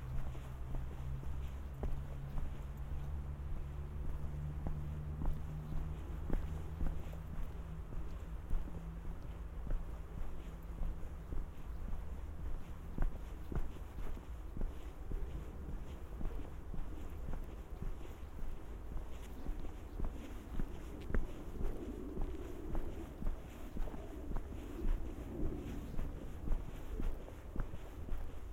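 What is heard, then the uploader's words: A steady low city hum fills the air, with a deep drone that holds through the first half and fades after about fifteen seconds. Scattered clicks and small knocks, possibly footsteps, recur throughout, and a faint rumble swells near the end. Teufelsberg. Nur Schritte bergab. Only steps down the mountains. The city's hum is everywhere.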